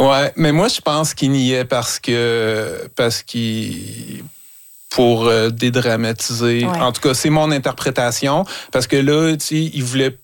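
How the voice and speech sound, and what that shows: A 47-year-old man speaking French with stuttering, including a repeated phrase and drawn-out sounds before words. His stuttering is hereditary and neurodevelopmental, has greatly decreased since age 15, and persists in adulthood.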